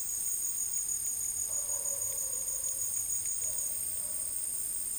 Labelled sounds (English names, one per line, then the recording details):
none
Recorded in dense forest near Puerto Asís, Putumayo, Colombia, on 23 June 2025 at 15:30
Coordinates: 0.503, -76.323
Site G059